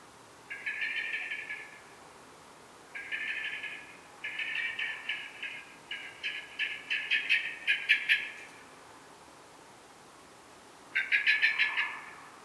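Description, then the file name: Eurasian blackbird giving repeated harsh chattering rattles, several bouts building into a faster, louder series, then a final burst after a short pause. "Turdus merula"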